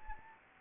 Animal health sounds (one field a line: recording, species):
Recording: mosquito wingbeat signal from an infrared sensor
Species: Anopheles arabiensis